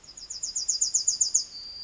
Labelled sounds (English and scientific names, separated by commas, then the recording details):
Yellowhammer (Emberiza citrinella) song
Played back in forest
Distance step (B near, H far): D
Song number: 119